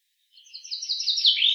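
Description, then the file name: Common chaffinch giving a quick run of chirping notes that grow steadily louder, with no other sounds. "Fringilla coelebs"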